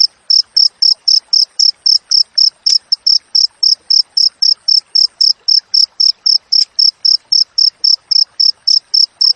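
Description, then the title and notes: Cricket repeating sharp, high chirps nearly four times a second, steady and uninterrupted. Wild crickets with clear, closely spaced chirps, for training songbirds and for repelling rats. "Masteran Jangkrik Alam Jernih, Jeda Rapat Cocok Untuk Masteran Burung Dan Mengusir Tikus. suara jangkrik"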